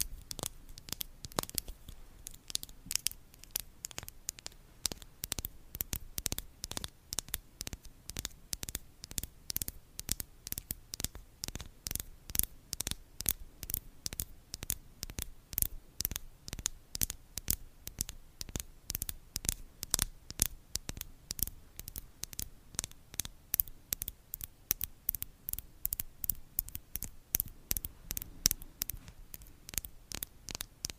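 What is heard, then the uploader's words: Crisp tapping repeats quickly and fairly steadily for the whole stretch, each tap bright and sharp, over a faint low hum. 2 hours of asmr triggers [asmr tapping, asmr for sleep]. Blue yeti microphone.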